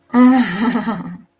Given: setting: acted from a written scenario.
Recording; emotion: vocal sound without words; ecstasy